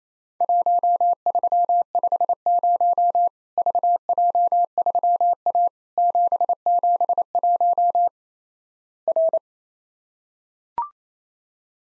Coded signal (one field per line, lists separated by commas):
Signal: Morse code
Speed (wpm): 27 wpm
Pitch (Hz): 700 Hz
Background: none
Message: 1350 VJ3A 771 R